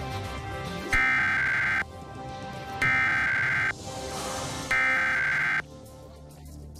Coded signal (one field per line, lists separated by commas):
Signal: Emergency Alert System (SAME) tones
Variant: header bursts